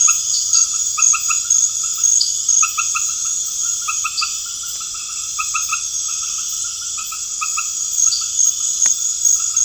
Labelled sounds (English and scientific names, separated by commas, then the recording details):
none
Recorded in pastures near Puerto Asís, Putumayo, Colombia, on 21 March 2025 at 20:00
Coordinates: 0.502, -76.324
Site GP07